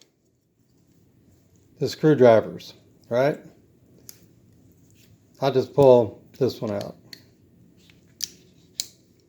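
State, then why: Seated. Someone talks as a folding screwdriver on a steel Leatherman Sidekick multitool is pulled out of the handle. It snaps into its open position with sharp metallic clicks at 8.2 and 8.8 seconds, seating in place but not locking.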